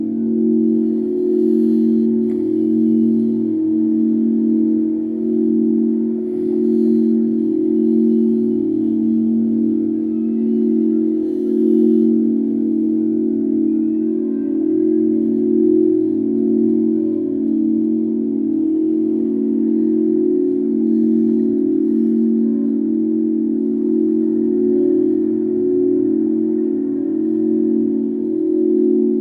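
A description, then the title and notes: Crystal bowls ring in a steady, sustained drone, their tones layered and slowly pulsing as they beat against one another. The sound stays full and even throughout, with a warm low-middle body, faint higher shimmer, and a soft low hum beneath. Chrystal Bowls I recorded upstairs in the Integratron during a sleepover. Crystal Bowls - Integratron.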